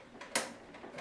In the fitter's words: that's good you hear it snapping in those are not pieces breaking